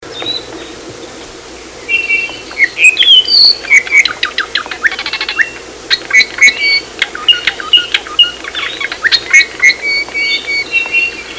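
ʻApapane singing a rapid jumble of bright chirps, slurred whistles and clicks in varied phrases, with steady low hum and hiss in the background.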